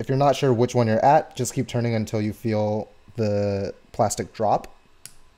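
Someone talks while turning the plastic spring-compression adjuster in the core of a MoYu RS3M 3x3 speed cube, working it toward its lowest position. A short, sharp tick comes at about 5.1 s. Nothing has dropped or seated yet.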